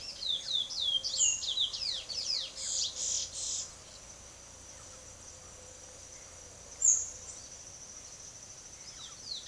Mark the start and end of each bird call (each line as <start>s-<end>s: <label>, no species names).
0.00s-3.66s: bird call
6.78s-7.09s: bird call
8.83s-9.47s: bird call